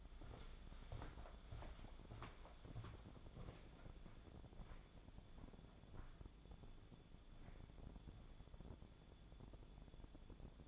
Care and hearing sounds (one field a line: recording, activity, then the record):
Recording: daily activity, microphone in the room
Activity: walk to room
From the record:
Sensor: 5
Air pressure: 1000.0 hPa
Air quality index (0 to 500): 90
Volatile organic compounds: 1 ppm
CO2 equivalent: 737 ppm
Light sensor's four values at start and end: 390/954/406/462 and 384/959/401/453